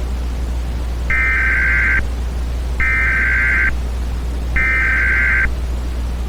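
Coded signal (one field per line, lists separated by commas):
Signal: Emergency Alert System (SAME) tones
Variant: header bursts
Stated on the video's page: Fictional EAS scenario; alerts are not real emergency broadcasts.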